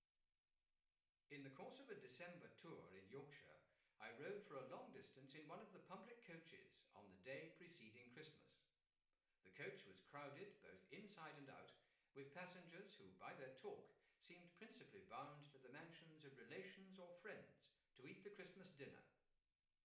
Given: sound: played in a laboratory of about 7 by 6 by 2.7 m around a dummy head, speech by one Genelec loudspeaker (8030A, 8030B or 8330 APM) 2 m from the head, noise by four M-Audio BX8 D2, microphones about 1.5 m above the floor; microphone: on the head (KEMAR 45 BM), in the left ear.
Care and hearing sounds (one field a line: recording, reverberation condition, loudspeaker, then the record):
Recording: male speech in English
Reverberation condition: medium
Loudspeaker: 120 degrees to the left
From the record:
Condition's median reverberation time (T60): about 510 ms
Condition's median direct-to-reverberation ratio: about -0.5 dB